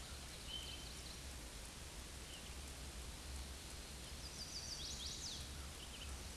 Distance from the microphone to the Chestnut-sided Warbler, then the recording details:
about 45 m. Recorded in a Pennsylvania forest on 18 May 2023 at 06:21. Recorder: AudioMoth, point grid1_37_low. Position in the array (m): 121 m, 210 m